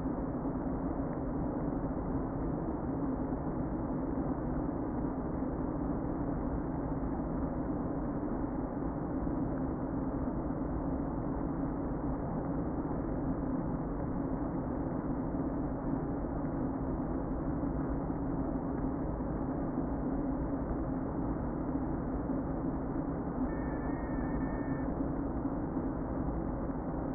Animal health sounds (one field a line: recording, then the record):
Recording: honeybee colony, microphone inside the hive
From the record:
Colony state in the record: queen present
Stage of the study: before two queens were removed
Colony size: about 60,000 bees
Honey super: yes